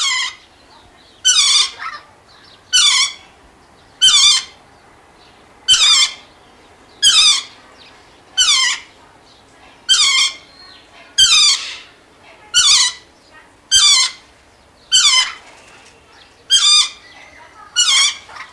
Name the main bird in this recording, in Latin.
Psittacula derbiana